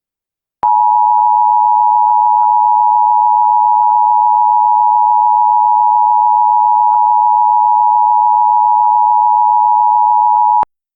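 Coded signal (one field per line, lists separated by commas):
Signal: Emergency Alert System (SAME) tones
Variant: 853 and 960 Hz attention tone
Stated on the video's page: Fictional EAS scenario for a horror game, not a real alert.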